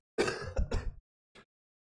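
An adult man gives a harsh, rough throat-clearing burst lasting most of a second, with a deep rattly quality, followed by a brief, softer second hack. This is throat clearing and coughing.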